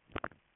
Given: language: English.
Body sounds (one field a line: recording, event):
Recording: throat vibration sensor signal played as sound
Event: swallow